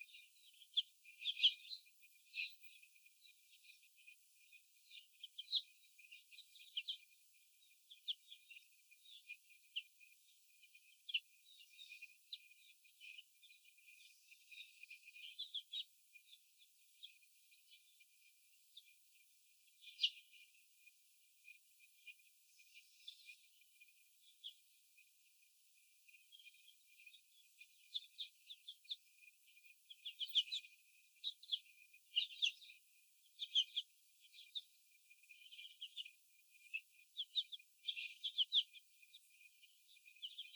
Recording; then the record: young laying hens in a cage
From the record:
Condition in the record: after the stressor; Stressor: sudden umbrella opening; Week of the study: 2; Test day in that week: 1